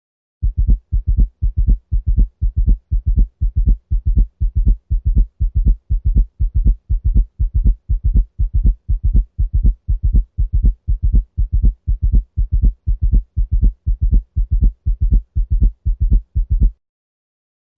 Listen to S3 in the mitral valve region using the bell of the stethoscope. Note that the cadence is 1, 2, 3. Now at 120 beats per minute.